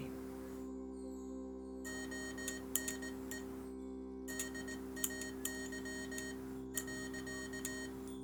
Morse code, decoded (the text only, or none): ONE DAY .